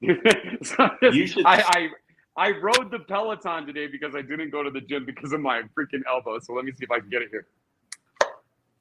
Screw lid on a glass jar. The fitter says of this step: oh we heard it pop but hold on here we go was that your elbow